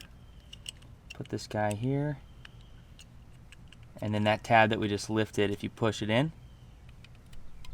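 While reassembling the interior dome light housing of a Toyota 4Runner during an LED bulb swap, the plastic retaining tab that was lifted earlier is handled and about to be pushed back in. Someone talks over faint, scattered ticks of handling. The clip ends before the tab goes home, and nothing has seated or clicked yet.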